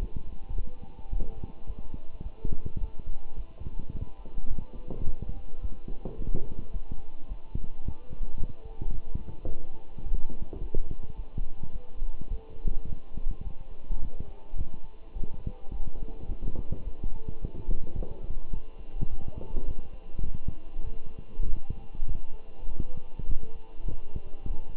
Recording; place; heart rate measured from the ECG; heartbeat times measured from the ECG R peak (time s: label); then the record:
heart sounds by stethoscope; between the tricuspid and mitral areas; 105 bpm
0.56 s: heartbeat
1.11 s: heartbeat
1.67 s: heartbeat
2.23 s: heartbeat
2.80 s: heartbeat
3.36 s: heartbeat
3.92 s: heartbeat
4.49 s: heartbeat
5.05 s: heartbeat
5.62 s: heartbeat
6.18 s: heartbeat
6.73 s: heartbeat
7.28 s: heartbeat
7.84 s: heartbeat
8.39 s: heartbeat
8.94 s: heartbeat
9.48 s: heartbeat
10.05 s: heartbeat
10.60 s: heartbeat
11.16 s: heartbeat
11.72 s: heartbeat
12.30 s: heartbeat
12.87 s: heartbeat
13.44 s: heartbeat
14.01 s: heartbeat
14.57 s: heartbeat
15.14 s: heartbeat
15.71 s: heartbeat
16.28 s: heartbeat
16.84 s: heartbeat
17.41 s: heartbeat
17.97 s: heartbeat
18.53 s: heartbeat
19.10 s: heartbeat
19.67 s: heartbeat
20.24 s: heartbeat
20.84 s: heartbeat
21.47 s: heartbeat
22.07 s: heartbeat
22.69 s: heartbeat
23.29 s: heartbeat
23.89 s: heartbeat
24.47 s: heartbeat
From the record:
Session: walking at 3.7 km/h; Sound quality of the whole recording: good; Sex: male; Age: 24 years